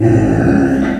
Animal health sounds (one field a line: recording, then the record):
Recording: squeal of a Yucatan mini pig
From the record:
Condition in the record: after surgery on the right vocal fold (resection and tissue-engineered implant)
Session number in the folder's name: 1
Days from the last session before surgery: 13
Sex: female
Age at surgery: 19 weeks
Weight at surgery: 25 kg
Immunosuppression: prednisolone